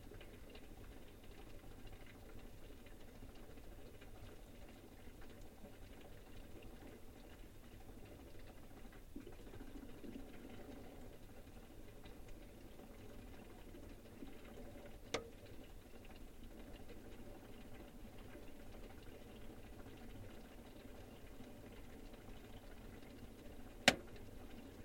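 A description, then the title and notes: A steady low hum from inside a fridge runs through the whole clip, with a faint rough, rumbling texture that barely changes. Two sharp clicks break through, a small one near fifteen seconds and a louder one near twenty-four. Inside my fridge. What goes on inside a fridge when the door is closed.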